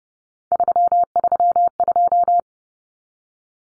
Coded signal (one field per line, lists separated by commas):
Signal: Morse code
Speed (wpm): 30 wpm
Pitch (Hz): 700 Hz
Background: none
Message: 332